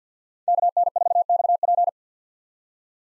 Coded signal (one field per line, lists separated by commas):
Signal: Morse code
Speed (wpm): 50 wpm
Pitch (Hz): 700 Hz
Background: none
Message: KN4XP